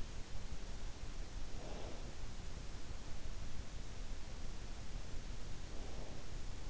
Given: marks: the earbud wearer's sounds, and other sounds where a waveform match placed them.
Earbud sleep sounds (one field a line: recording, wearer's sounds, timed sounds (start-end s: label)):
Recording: sounds in sleep by an in-ear microphone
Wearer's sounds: breath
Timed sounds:
1.78-3.06 s: breath
5.51-6.67 s: breath